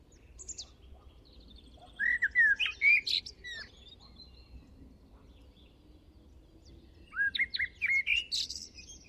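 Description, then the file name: Eurasian blackbird song, two phrases about five seconds apart, each low mellow flutes rising into a scratchy high twitter, with a soft background hiss between. "Turdus merula"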